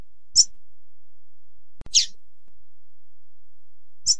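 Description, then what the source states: Double-collared seedeater uttering three brief high chirps, the middle one a slightly longer downward-sweeping note, separated by about one and a half to two seconds. Female bird.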